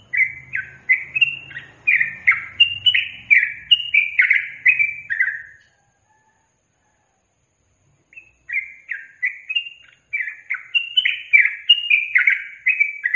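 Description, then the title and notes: Yellow-vented bulbul song: two long chattering phrases of rapid, bubbly up-and-down notes, separated by a short silence, with faint low rumbling early on. Master recording for training captive birds; song in the tembakan and ropel styles. "MASTERAN Trucukan Tembakan Dan Ropel. BURUNG TRUCUKAN"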